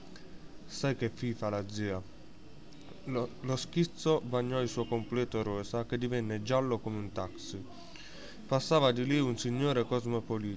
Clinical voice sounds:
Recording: read passage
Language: Italian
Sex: male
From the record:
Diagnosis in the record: healthy control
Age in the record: 19 years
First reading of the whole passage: 55 s, 9.5 characters per second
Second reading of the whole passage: 47 s, 11.1 characters per second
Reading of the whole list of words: 45 s, 6.2 characters per second

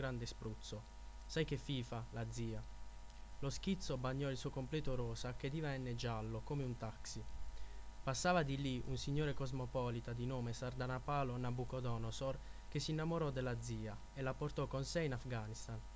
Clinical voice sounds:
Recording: read passage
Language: Italian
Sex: male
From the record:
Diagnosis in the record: healthy control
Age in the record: 24 years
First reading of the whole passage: 44 s, 11.7 characters per second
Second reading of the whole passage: 43 s, 11.9 characters per second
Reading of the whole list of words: 49 s, 5.7 characters per second

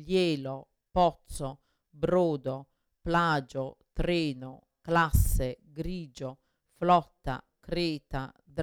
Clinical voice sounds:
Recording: read list of words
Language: Italian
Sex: female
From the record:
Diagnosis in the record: Parkinson's disease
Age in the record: 61 years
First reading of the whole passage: 53 s, 9.7 characters per second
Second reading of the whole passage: 51 s, 10.1 characters per second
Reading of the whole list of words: 49 s, 5.7 characters per second

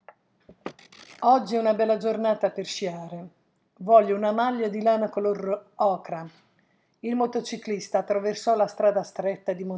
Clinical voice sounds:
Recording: read phrases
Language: Italian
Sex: female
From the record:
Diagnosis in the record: healthy control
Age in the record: 69 years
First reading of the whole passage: 57 s, 9.1 characters per second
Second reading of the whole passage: 50 s, 10.4 characters per second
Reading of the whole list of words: 47 s, 6.0 characters per second

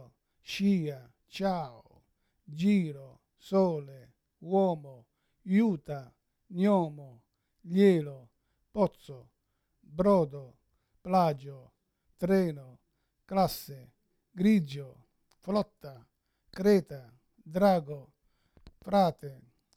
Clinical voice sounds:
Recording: read list of words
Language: Italian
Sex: male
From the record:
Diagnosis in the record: Parkinson's disease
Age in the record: 71 years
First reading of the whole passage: 60 s, 8.7 characters per second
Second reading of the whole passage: 57 s, 9.1 characters per second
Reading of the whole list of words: 54 s, 5.3 characters per second

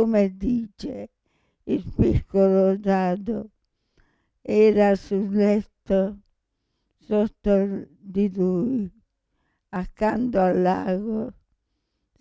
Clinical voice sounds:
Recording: read passage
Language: Italian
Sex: female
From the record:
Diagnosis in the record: Parkinson's disease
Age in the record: 65 years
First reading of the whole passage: 242 s, 2.1 characters per second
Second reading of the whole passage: 180 s, 2.9 characters per second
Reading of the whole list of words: 168 s, 1.7 characters per second

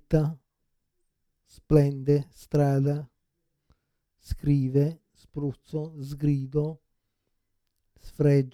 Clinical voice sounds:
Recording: read list of words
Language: Italian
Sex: male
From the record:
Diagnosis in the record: Parkinson's disease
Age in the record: 56 years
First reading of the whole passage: 87 s, 6.0 characters per second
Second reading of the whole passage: 67 s, 7.8 characters per second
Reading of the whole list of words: 59 s, 4.8 characters per second

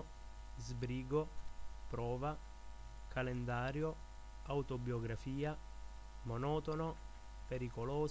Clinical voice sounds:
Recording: read list of words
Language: Italian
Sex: male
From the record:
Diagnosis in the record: healthy control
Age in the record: 21 years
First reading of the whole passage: 51 s, 10.2 characters per second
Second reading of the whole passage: 47 s, 11.0 characters per second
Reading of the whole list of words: 60 s, 4.7 characters per second

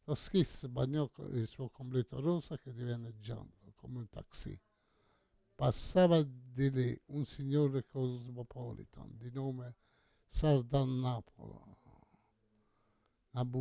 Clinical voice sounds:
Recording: read passage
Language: Italian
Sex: male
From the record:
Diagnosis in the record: Parkinson's disease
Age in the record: 68 years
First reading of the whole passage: 85 s, 6.1 characters per second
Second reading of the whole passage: 63 s, 8.2 characters per second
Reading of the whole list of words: 49 s, 5.8 characters per second

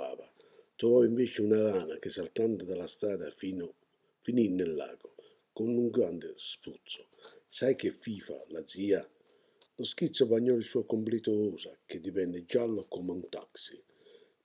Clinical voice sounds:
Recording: read passage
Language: Italian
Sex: male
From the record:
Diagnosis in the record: healthy control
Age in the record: 68 years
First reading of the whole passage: 59 s, 8.7 characters per second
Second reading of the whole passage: 51 s, 9.9 characters per second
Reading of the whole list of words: 42 s, 6.7 characters per second

